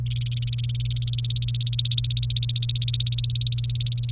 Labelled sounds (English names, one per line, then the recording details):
Domestic Canary song
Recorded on 1 May 2018 at 10:38
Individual llb3